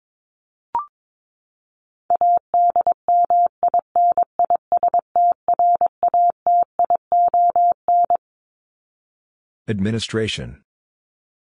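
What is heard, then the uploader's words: Morse code tapped out as a steady mid-pitched tone, keyed in short and long bursts from about two to eight seconds. A single brief beep sounds near the start, and a short spoken word follows after the code ends, in otherwise silent surroundings. Top 1251-1500 Words 22wpm. First, the word is sent in Morse code. Then it is spoken.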